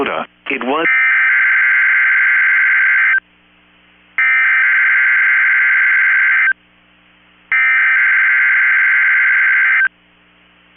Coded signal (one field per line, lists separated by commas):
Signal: Emergency Alert System (SAME) tones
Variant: header bursts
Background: speech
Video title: 3/6/24 - KEC65 Required Weekly Test (EAS #1008)